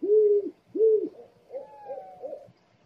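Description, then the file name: Owl giving two strong, low, mellow hoots followed by softer, wavering, quavering notes. Owl calling at night, described as eerie. "tieng cu meo keu kinh di trong dem"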